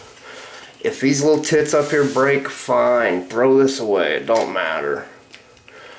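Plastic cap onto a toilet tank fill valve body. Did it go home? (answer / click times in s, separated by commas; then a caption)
yes / 5.3 s, 5.7 s. A plastic top cap is pressed back onto the small retaining tabs of a Fluidmaster toilet tank fill valve body while someone talks. Two short snaps are heard at 5.3 s and 5.7 s as the cap seats back in place.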